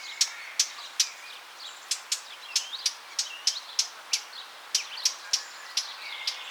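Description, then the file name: Eurasian blackcap repeating sharp, clicking tack notes, steady but slightly uneven, against faint high chirps. "Sylvia atricapilla"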